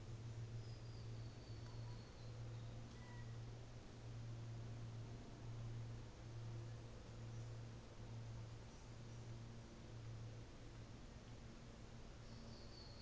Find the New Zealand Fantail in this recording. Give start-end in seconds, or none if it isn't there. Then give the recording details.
8.43-9.57. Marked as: faintness 5/5. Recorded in New Zealand on 24 December 2018. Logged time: 14:10